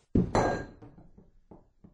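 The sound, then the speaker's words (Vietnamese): A broken porcelain shard drops from a hand and strikes a hard floor with a sharp, ringing clink, then skitters through several fainter, quickening taps as it settles. “Mảnh sứ vỡ trong tay rơi xuống”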